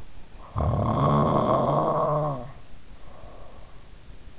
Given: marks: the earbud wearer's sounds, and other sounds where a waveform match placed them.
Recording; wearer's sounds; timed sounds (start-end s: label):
sounds in sleep by an in-ear microphone; snoring breath
0.26-3.80 s: snoring breath